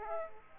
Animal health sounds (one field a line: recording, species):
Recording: mosquito wingbeat signal from an infrared sensor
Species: Aedes aegypti